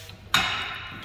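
The ladder lock clamp on a cargo van's roof rack is closed after some quiet low rumble, giving a sharp, loud metallic thump at 0.3 s that rings out and fades over the rest of the second. The ladder lock latches in place and can also take a padlock so the ladder can't be stolen.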